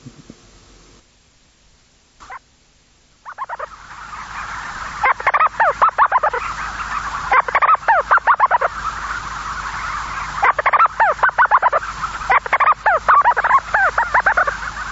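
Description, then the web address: Storm petrel: near silence at first, then repeated bursts of fast, stuttering downslurred notes begin, returning every few seconds against a continuous hiss. "sikioto. umitsubame"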